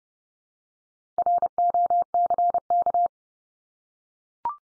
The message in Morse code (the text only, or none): ROCK